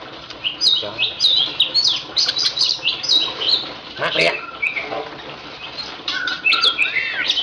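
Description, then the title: Oriental magpie-robin song, a varied run of sweet whistles, chirps and harsh notes. Kacer poci, national champion competition bird; song described as gacor, nembak and ngerol; recording presents seven kinds of kacer song, three minutes each. "Kacer Poci Gacor Nembak Dan Ngerol Juara Nasional. 7 macam suara kacer setiap 3 menit"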